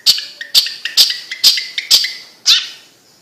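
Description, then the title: Bird uttering sharp chirps roughly every half second, with softer short whistled notes slipped between them. "Kicau Burung Yoi"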